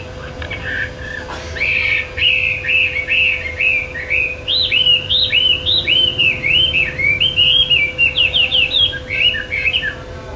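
Chinese hwamei singing a long series of repeated whistled notes rising and falling, ending in quicker notes, over a low hum.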